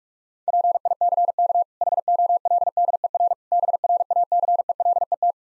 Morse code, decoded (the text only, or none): PICK HOLDER BRACELET